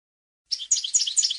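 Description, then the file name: European goldfinch song, a dense, high, liquid twittering of fast jumbled notes starting after a short silence and running on continuously. "audio burung goldfinch"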